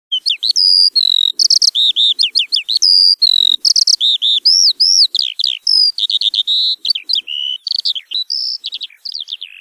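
Eurasian skylark sings a rapid, continuous high warble of trills, chirrups and slurred whistles, pouring out without pause and tailing off at the end.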